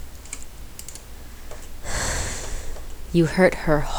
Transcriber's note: sigh